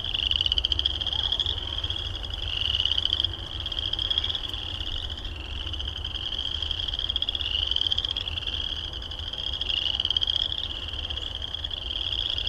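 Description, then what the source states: Frogs trilling continuously, high buzzy pulsed trills swelling and fading every couple of seconds over a low steady rumble. Recorded at Heartland Meadows.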